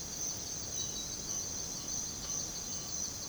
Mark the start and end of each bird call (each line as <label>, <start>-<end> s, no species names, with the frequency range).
bird call (0.7-1.8 kHz), 1.24-3.28 s